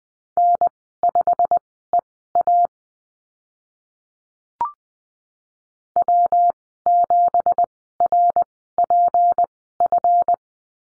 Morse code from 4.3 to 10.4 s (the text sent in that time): W7RPF